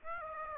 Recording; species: mosquito wingbeat signal from an infrared sensor; Aedes aegypti